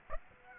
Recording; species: mosquito wingbeat signal from an infrared sensor; Aedes aegypti